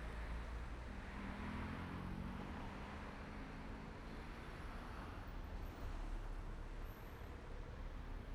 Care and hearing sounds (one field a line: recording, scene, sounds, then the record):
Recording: everyday scene through a hearing-aid microphone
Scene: in traffic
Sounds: traffic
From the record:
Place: main road on the outskirts, rush hour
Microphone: behind the ear, right, rear